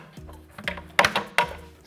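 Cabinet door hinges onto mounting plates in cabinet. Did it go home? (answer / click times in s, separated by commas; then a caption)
yes / 1.0 s, 1.4 s. A cabinet door for a floating media cabinet is pressed with its snap-in hinges onto the mounting plates inside the cabinet, with no fasteners. Two sharp clicks sound at 1.0 s and 1.4 s, after softer knocks around 0.7 s. The door snaps in place, seated on the plates.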